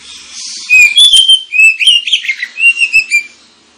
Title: Kacer Langsung Tarung Konslet KACER NGOTOT FULL TEMBAKAN. Kacer dimana SAJA Bakalan NGEPLONG GACOR dengan Pancingan Kacer ini